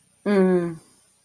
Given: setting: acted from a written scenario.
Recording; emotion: vocal sound without words; guilt